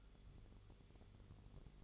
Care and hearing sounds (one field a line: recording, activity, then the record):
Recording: daily activity, microphone in the room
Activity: light off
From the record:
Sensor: 4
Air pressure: 1008.6 hPa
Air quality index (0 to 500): 96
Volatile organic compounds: 1 ppm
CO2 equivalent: 724 ppm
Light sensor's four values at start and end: 13/29/12/11 and 13/29/12/11